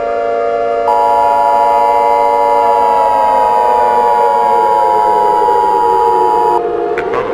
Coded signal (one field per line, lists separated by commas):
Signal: Emergency Alert System (SAME) tones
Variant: 853 and 960 Hz attention tone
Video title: EAS Scenario: The Man On The Porch